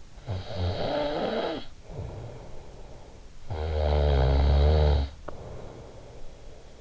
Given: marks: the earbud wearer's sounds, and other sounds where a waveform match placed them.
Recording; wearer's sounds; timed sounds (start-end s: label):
sounds in sleep by an in-ear microphone; snoring breath
0.07-6.81 s: snoring breath